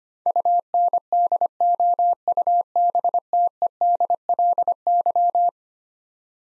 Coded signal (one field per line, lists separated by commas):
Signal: Morse code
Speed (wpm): 25 wpm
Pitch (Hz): 700 Hz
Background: none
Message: UNDOUBTEDLY